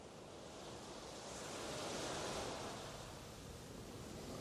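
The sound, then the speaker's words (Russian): A steady roar of strengthening wind and crashing ocean waves at sea around a ship, a dense hiss that swells louder around the middle before easing slightly, with no voices. “Ветер усиливался на моих глазах, и теперь баклан с трудом пробивался вперед, то взлетая на волнах вверх, то круто падая вниз.”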